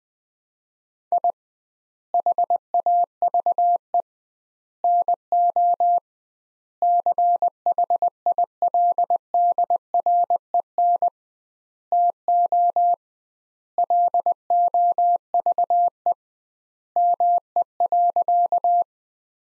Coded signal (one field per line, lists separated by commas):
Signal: Morse code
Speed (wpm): 20 wpm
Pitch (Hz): 700 Hz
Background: none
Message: I HAVE NO CHILDREN TO LOVE ME.